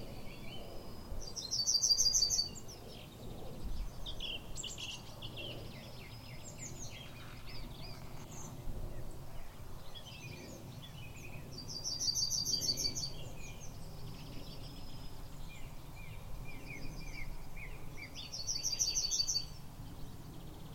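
A yellowhammer sings bright, high, rapid-note phrases that come loudest at about 2, 12 and 19 seconds, with fainter twittering between them. A steady low rumble of wind or traffic runs underneath throughout.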